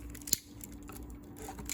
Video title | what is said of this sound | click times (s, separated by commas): WEIJIANG O.S. MPM-04 K.O. [BLACK APPLE MODIFIED] - OPTIMUS PRIME: FINCH REVIEWS | It'll kind of snap into place just like that. | 0.3 s